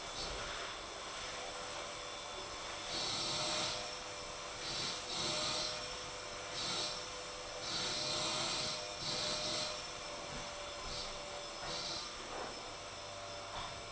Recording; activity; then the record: daily activity, microphone in the room; vacuum cleaning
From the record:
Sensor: 5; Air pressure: 1000.2 hPa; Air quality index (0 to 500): 118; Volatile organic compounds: 1 ppm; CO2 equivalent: 939 ppm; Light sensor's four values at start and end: 156/367/157/171 and 153/361/155/168